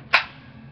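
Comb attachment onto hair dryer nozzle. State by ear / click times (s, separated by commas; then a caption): seated / 0.2 s. A comb attachment is pushed back onto a hair dryer nozzle with the arrows lined up. A single sharp, loud click sounds at 0.1 s, broadband up to about 5 kHz and fading within a tenth of a second over a faint low hum. The click confirms the attachment has locked into place.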